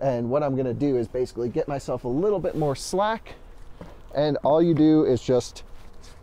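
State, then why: Not seated. A man talks throughout while a DC fast charging connector is handled at the charge port of a Volkswagen ID.4 electric vehicle, getting ready to plug in. Nothing has seated or clicked yet by the end of the clip.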